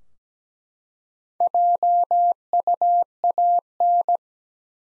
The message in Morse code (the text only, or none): JUAN